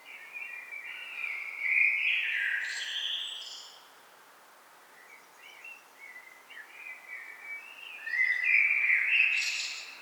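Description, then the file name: Common blackbird singing slurred warbled phrases with high squeaky twitters, a quieter stretch midway, then a louder phrase; steady background hiss. "Turdus merula"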